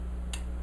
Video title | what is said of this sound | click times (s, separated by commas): Gear Review - Paige Clik Capo | okay you do this and you put it on the guitar and wallah locks into place | 0.3 s